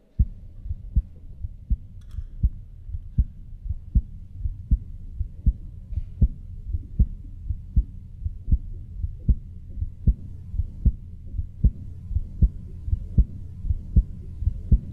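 Strong, regular low thumps at about 78 beats a minute over a quiet, faintly humming room, picked up by a studio microphone about 6 inches in front of an adult woman's chest. The heartbeat is forceful enough to be heard out loud 2 feet away, months after surgery replacing 4 inches of a dilated aorta with a synthetic tube. Scar tissue on the sternum is suspected of transmitting the vibration.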